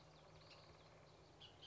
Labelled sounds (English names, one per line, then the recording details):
Bullock's Oriole
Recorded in Sonoma County, California